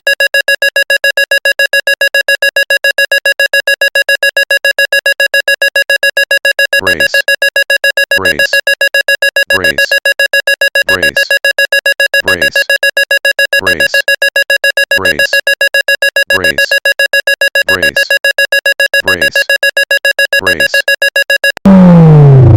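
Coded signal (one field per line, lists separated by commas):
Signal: none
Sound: electronic music synth beeps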